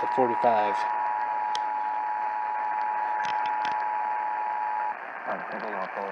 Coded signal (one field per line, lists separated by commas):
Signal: Emergency Alert System (SAME) tones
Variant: 853 and 960 Hz attention tone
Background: speech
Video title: TESTING GALORE... EAS Tests from October 2022 (EAS #1,646-1,704)